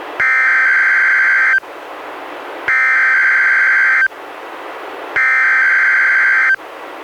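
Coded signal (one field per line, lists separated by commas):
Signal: Emergency Alert System (SAME) tones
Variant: header bursts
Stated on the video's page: Two required weekly tests relayed by NOAA Weather Radio stations, recorded directly from a weather radio to a computer over USB.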